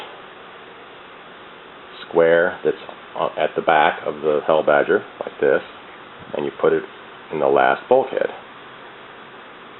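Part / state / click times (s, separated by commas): bulkhead piece into model vehicle chassis slot / not seated / none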